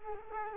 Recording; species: mosquito wingbeat signal from an infrared sensor; Culex quinquefasciatus